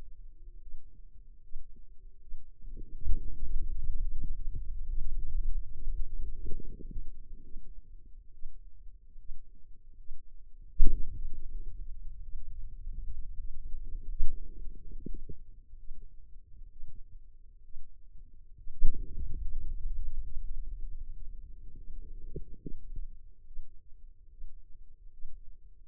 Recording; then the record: forearm muscle sounds (acoustic myography)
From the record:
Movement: pen grasping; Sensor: system 2, bracelet of six BSWA MPA416 microphones around the upper forearm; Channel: 2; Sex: female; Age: 25 years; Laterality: right